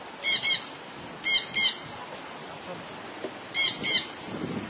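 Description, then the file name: Jandaya parakeet giving harsh, raspy squawks in three quick pairs, each pair a double shriek, separated by pauses over a faint background hiss. "canto da jandaia verdadeira"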